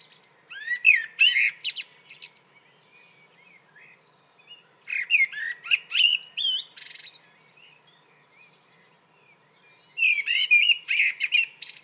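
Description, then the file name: Common blackbird song: three phrases about four to five seconds apart, each a melodious low warble capped by a shrill, twittering ending, with soft notes between. "Turdus merula"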